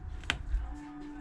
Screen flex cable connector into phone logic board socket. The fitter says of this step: hear them click